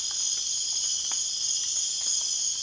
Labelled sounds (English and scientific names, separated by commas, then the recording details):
none
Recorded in dense forest near Puerto Asís, Putumayo, Colombia, on 19 June 2025 at 19:30
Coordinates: 0.466, -76.327
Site GP04